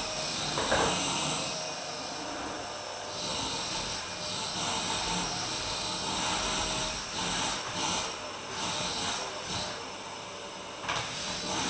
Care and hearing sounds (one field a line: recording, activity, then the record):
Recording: daily activity, microphone in the room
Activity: vacuum cleaning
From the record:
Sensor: 2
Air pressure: 999.1 hPa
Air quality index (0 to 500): 202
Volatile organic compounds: 31 ppm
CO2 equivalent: 2983 ppm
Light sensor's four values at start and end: 6/14/6/6 and 6/14/6/6